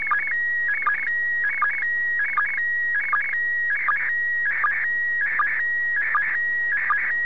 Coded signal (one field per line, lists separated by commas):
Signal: SSTV (slow-scan television)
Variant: PD 180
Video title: SSTV SLOW SCAN TV FROM THE ISS International Space Station 12 04 2015[HD]